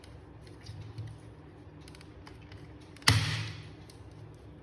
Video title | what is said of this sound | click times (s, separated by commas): DIY Assignment 3 -- Samarth Singh -- 20MF10031 | we heard the click properly. | 3.1 s